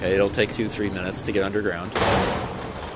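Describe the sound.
A person talks for a couple of seconds, then the door of an elevator that has descended 100 metres to the underground hall of a Minos neutrino detector near Chicago opens with a sudden loud metallic clank and a harsh, noisy rattle that keeps going to the end.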